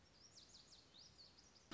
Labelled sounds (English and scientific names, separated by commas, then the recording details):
Lazuli Bunting (Passerina amoena)
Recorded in Sonoma County, California